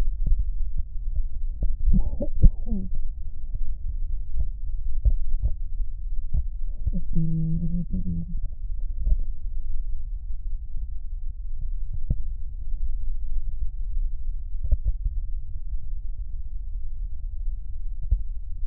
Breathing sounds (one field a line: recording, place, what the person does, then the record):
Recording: lung sounds by stethoscope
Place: right posterior basal chest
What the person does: quiet breathing, then cough and speech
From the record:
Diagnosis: asthma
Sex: female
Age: 72 years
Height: 160 cm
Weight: 63.4 kg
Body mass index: 24.8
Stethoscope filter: extended mode